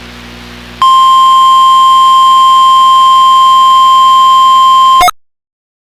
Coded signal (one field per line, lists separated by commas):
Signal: Emergency Alert System (SAME) tones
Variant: 1050 Hz attention tone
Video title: YOU SUCK WIFI | 5/18/22 - KIH28 Required Weekly Test (EAS #476)